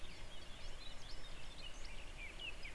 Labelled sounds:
Eurasian Blackcap
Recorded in Germany
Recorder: ecoPi

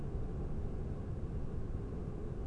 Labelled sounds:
none
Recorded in Germany
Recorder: ecoPi

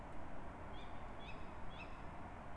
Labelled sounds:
Tawny Owl
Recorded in Germany
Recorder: ecoPi

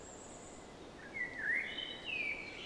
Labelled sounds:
Common Blackbird
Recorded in Germany
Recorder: ecoPi

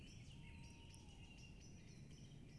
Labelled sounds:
Tawny Owl
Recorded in Germany
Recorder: ecoPi

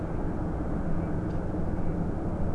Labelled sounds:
Mallard
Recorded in Germany
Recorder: ecoPi

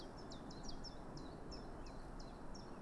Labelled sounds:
Common Chiffchaff
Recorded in Germany
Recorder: ecoPi

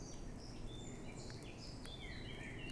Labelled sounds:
Eurasian Blackcap
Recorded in Germany
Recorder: ecoPi

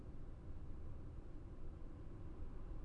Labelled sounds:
none
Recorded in Germany
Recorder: ecoPi

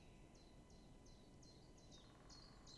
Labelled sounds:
Common Chiffchaff
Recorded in Germany
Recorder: ecoPi

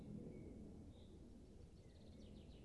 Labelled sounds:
Common Chaffinch
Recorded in Germany
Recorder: ecoPi

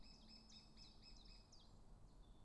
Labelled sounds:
Common Chiffchaff
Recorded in Germany
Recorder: ecoPi

